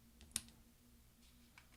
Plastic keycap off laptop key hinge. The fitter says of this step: you're just going to come back and tell it snapped right off like that then